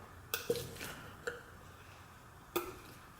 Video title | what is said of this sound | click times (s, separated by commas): How to change your ignition coil and spark plug wires (Jeep Wrangler 2.4) | can hear a little click I guess but these ones deaf mean so much louder click so make sure you hear | 0.3 s